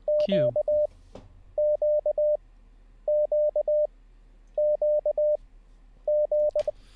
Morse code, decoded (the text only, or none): Q Q Q Q G